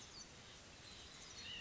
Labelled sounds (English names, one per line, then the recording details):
White-breasted Nuthatch
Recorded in Sonoma County, California